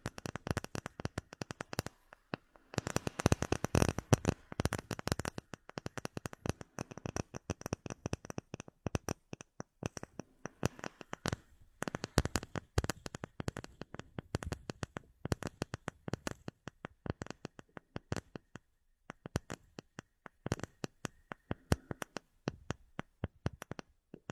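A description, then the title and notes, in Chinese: Rapid tapping, crisp, in dense irregular bursts for the whole stretch. The clicks are sharp and bright, sometimes clustering into quick flurries, with brief pauses near 2 seconds and again around 11 seconds. The surroundings are otherwise quiet. 舒缓解压的敲击音。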